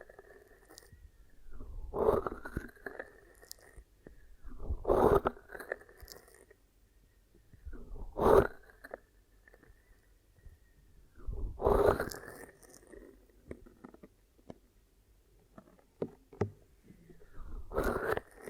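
Glue ear massage and cleaning, heard as wet, squelching rubs that surge in roughly every three seconds, near 2, 5, 8, 12 and 18 seconds. Each stroke rises and falls in pitch like a gooey swish, with small sticky clicks and crackles between strokes.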